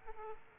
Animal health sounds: mosquito wingbeat signal from an infrared sensor; Aedes aegypti

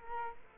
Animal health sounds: mosquito wingbeat signal from an infrared sensor; Culex quinquefasciatus

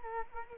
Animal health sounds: mosquito wingbeat signal from an infrared sensor; Culex quinquefasciatus

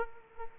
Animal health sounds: mosquito wingbeat signal from an infrared sensor; Aedes aegypti

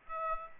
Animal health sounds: mosquito wingbeat signal from an infrared sensor; Aedes aegypti

